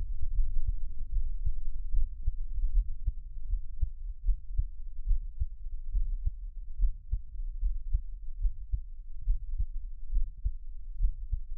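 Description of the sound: Steady, regular low thumping heartbeat of an adult, about 75 beats a minute, heard close up with no talking, given as ASMR.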